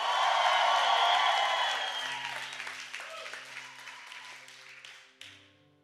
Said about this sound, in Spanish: ¿Cuántos quieren ser esforzados y valientes? Quiero escuchar un grito de júbilo en este lugar.